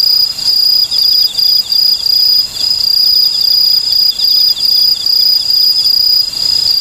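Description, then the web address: Okame cricket song: short high chirps in quick succession over a steady ringing insect drone. "sikioto insect okamekourogi"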